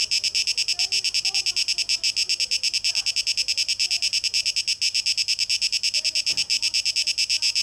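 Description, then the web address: Cicadas drone in steady high rasping pulses at a rapid rate, while faint soft notes sound beneath. Cicadas, 12 August 2023, tape echo mix. "rauschpartikel Audio 2023-08-12 Zikaden"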